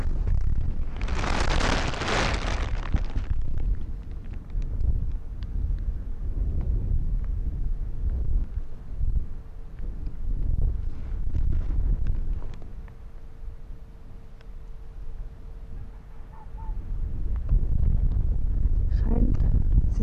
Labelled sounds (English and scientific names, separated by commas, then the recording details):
Arctic Fox (Vulpes lagopus)
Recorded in the wild
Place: Insel Mednyi, Kommandeur-Inseln, RU
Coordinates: 54.5167, 168.083
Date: 1999-08-06 19:30
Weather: 10°C, dichter Nebel, starker Wind
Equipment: Sony WM-D6C, Sennheiser ME 80, K 30 AV, Windkorb, Kopie Tascam DA 30
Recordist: Jakupi, Antje